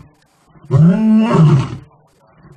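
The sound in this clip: Lion roar: one deep, drawn-out bellow of about a second, strongly harmonic and rough, swelling then fading.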